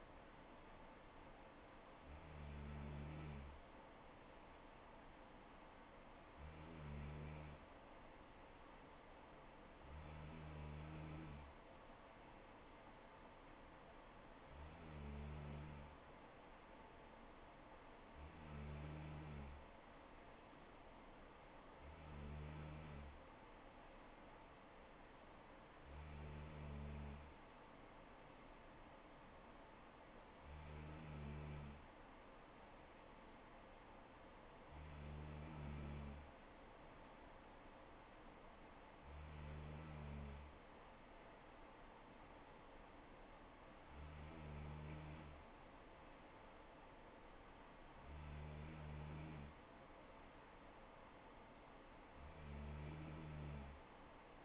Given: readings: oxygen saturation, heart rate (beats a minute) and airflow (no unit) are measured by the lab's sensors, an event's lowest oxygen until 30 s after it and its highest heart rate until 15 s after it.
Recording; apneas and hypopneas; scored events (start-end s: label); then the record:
breathing in sleep by a voice recorder at the bedside; none
10.00-54.45 s: new sleep stage, N3 (deep sleep)
From the record:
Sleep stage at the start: N2 (light sleep); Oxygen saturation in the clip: 94 to 95%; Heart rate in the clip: 64 to 69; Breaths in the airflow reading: 13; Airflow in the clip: -4.0 to 2.8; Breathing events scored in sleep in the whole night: 79 in 6.3 hours asleep